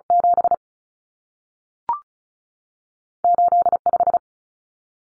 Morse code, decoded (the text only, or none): 7 85